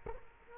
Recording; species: mosquito wingbeat signal from an infrared sensor; Culex quinquefasciatus